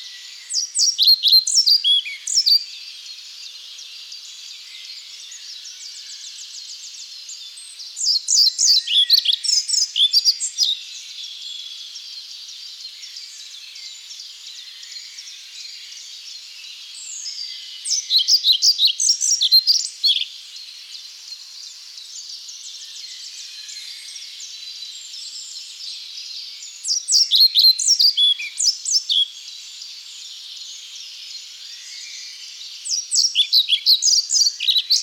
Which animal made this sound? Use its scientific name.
Ficedula hypoleuca